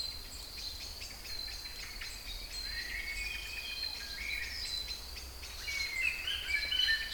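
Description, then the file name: Songbirds in chorus, soft chirps and short whistled phrases that grow busier toward the end, with a constant high hum behind. Kouri Forest, Thessaloniki (Salonika), Greece; 22.05.12, 18:35. "Singing Birds Kouri Forest Salonika 22 05 12 18 35"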